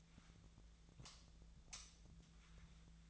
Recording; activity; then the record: daily activity, microphone in the room; light off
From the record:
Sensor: 3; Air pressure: 1009.7 hPa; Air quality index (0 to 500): 190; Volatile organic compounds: 14 ppm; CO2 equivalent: 2476 ppm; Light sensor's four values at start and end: 44/117/49/50 and 38/94/40/43